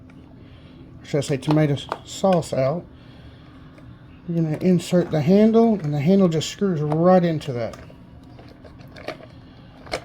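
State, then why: Seated. Someone talks while the crank handle is inserted and screwed into the body of a manual tomato strainer (food mill). After the talking stops, a few small handling knocks are followed by a sharp click at 9.9 s as the handle seats in place.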